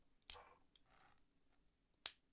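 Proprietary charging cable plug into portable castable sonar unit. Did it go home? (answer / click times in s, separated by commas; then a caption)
yes / 0.3 s, 2.1 s. A proprietary charging cable plug is fitted onto a Garmin Striker Cast GPS portable castable sonar unit and snaps into place. Two sharp, bright snaps ring out at 0.3 s and 2.1 s over a quiet background, with the plug seated.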